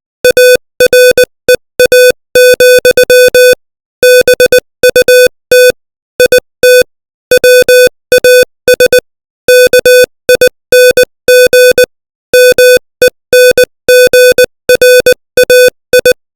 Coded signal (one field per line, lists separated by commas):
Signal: Morse code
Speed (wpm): 20 wpm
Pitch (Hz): 500 Hz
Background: music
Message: AREA, BUT IT WAS KING MENGRAI